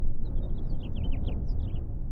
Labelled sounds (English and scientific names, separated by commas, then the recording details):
House Finch (Haemorhous mexicanus) song
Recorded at Neponsit on Long Island, New York, on 4 June 1975
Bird C